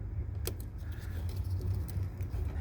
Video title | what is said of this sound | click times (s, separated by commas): Silverado Sierra Transmission Cable Adjusment- Won't Go Into Park Fix | he he snaps back into place right here very kind of gingerly | 0.5 s